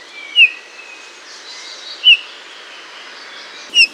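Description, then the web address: Eurasian bullfinch giving soft piping whistles, three short downslurred notes spaced nearly two seconds apart, with a faint hiss of background noise. "Bullfinch"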